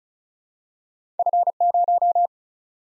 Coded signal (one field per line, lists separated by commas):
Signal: Morse code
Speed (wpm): 36 wpm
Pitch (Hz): 700 Hz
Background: none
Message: F0